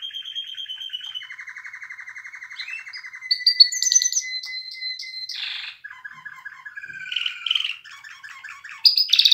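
Canary song with a steady whistled trill, a long low rattling roll, a thin held whistle, then varied chirps and rapid high trills.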